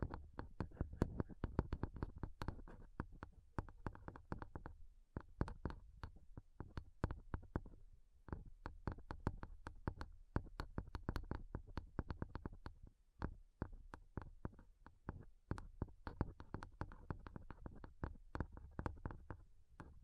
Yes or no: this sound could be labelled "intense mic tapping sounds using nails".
yes